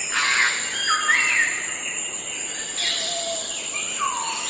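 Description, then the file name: Grey parrot calls: harsh rasping squawks mixed with sliding whistled notes, one low drawn-out whistle near the end, over constant hiss. "canto do papagaio cinzento"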